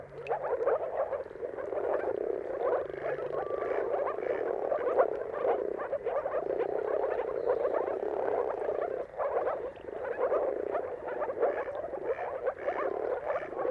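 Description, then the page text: Moor frog chorus of countless low, bubbling calls running together without pause. Moor frogs giving mating calls in a dawn chorus at sunrise, around the turn of March and April depending on weather; recorded by Jakub Orzecki. "Jakub-Orzecki moor frogs. Dawn’s Chorus: Mating Calls of Marsh Frogs at Sunrise. Depending on the weather at the turn of March and April, you can witness an amazing spectacle of moor frogs"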